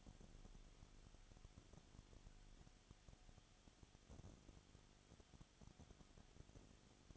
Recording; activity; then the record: daily activity, microphone in the room; no activity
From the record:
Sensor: 4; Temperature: 22.7 degrees Celsius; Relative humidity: 31.7%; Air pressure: 995.4 hPa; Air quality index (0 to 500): 158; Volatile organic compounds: 2 ppm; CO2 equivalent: 1254 ppm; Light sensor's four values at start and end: 2/3/1/1 and 2/3/1/1